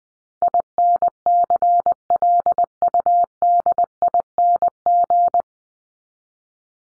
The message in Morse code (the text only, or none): INCLUDING